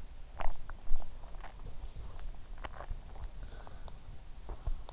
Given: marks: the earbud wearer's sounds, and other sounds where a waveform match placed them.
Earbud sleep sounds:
sounds in sleep by an in-ear microphone; swallowing
0.00-3.03 s: swallowing

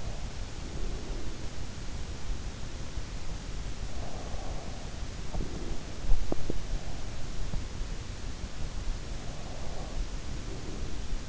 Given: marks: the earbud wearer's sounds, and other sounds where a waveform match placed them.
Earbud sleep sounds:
sounds in sleep by an in-ear microphone; breath
0.00-2.10 s: breath
3.67-5.85 s: breath
9.06-11.29 s: breath

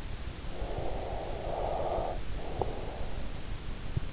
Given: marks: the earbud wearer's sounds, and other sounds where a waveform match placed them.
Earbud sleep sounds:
sounds in sleep by an in-ear microphone; breath
0.53-3.30 s: breath

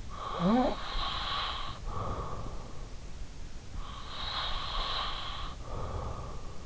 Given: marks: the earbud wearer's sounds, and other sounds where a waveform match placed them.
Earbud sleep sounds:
sounds in sleep by an in-ear microphone; snoring breath, breath
0.03-2.66 s: snoring breath
3.35-6.66 s: breath

